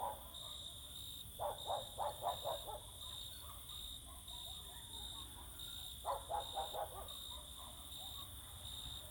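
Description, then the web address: Dog barks in two quick bursts of several barks each, over a steady high cricket chorus. Dogs barking all around in summer fields during the evening or night, with crickets singing close. "Sculp Tunes - Summer in the field"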